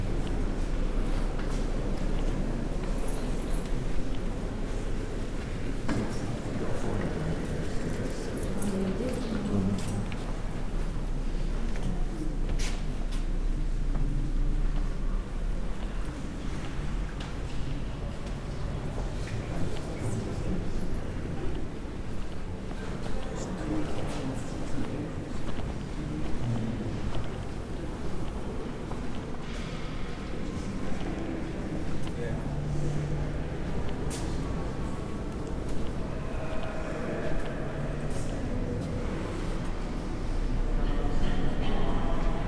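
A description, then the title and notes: Inside a large abbey, a steady low hum fills the space while faint murmured voices and scattered footsteps echo softly throughout. Binaural Bath Abbey Ambiance | City of Bath. This binaural field recording captures the essence of Bath Abbey's majestic architecture and rich history.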